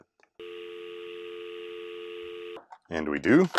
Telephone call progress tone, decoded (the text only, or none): dial tone